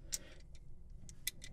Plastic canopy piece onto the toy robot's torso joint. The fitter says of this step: want to rotate around on that joint bring it up and then this will snap into place